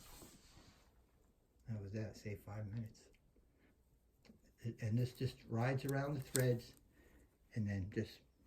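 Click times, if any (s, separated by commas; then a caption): none. A plastic applicator head is turned around the threads of a soap bottle neck while someone talks. Nothing has snapped or seated yet; the applicator is still being handled and not yet home.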